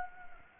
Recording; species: mosquito wingbeat signal from an infrared sensor; Anopheles gambiae